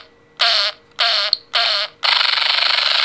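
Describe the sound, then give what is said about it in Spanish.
A synthetic fart sound effect: three short raspy, buzzing blasts followed by a longer sustained rumble with a fluttering pulse, shifting between a few tones, with no talking. “Ahora el pedo tiene varios tonos.”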